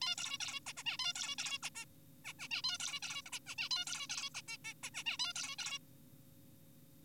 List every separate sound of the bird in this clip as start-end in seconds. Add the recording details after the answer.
0.01-0.15, 0.18-0.38, 0.40-0.60, 0.67-0.73, 0.77-0.83, 0.86-0.97, 0.99-1.14, 1.16-1.35, 1.38-1.58, 1.63-1.70, 1.75-1.85, 2.25-2.33, 2.40-2.48, 2.51-2.62, 2.64-2.78, 2.80-3.00, 3.03-3.22, 3.26-3.31, 3.33-3.40, 3.47-3.55, 3.58-3.69, 3.71-3.85, 3.87-4.07, 4.10-4.29, 4.35-4.42, 4.48-4.58, 4.65-4.74, 4.83-4.90, 4.94-5.04, 5.06-5.17, 5.20-5.33, 5.36-5.56, 5.59-5.79. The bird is an adult. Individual g4p5U